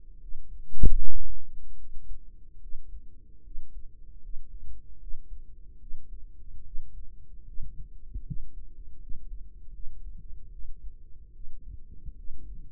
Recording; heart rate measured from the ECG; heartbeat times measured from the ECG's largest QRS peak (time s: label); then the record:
heart sounds by microphone in the right ear; 75 bpm
0.18 s: heartbeat
0.95 s: heartbeat
1.75 s: heartbeat
2.58 s: heartbeat
3.41 s: heartbeat
4.19 s: heartbeat
4.97 s: heartbeat
5.77 s: heartbeat
6.62 s: heartbeat
7.44 s: heartbeat
8.23 s: heartbeat
8.97 s: heartbeat
9.70 s: heartbeat
10.49 s: heartbeat
11.31 s: heartbeat
12.14 s: heartbeat
From the record:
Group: healthy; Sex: female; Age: 32 years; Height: 168 cm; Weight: 61.9 kg